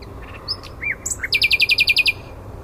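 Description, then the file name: Common nightingale song: a few soft whistles and slurred notes leading into a fast, loud run of identical repeated notes. "Luscinia megarhynchos"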